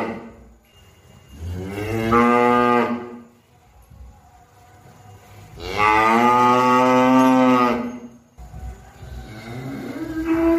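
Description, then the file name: Cow lowing with two long moos and the start of a third, each steady and rich in harmonics. "suara sapi"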